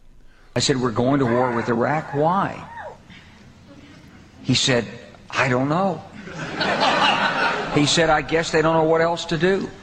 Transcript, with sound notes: I said, "We're going to war with Iraq? Why?" He said, "I don't know." (laughing) He said, "I guess they don't know what else to do."